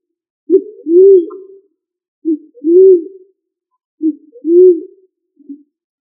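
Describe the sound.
Pigeon or dove giving low coos, three phrases of a brief lead-in note and a longer swelling coo, evenly repeated, with a faint short note to finish.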